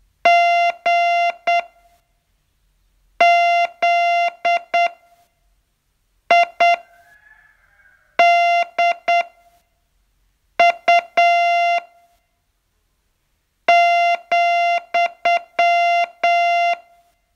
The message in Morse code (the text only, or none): GZIDU ,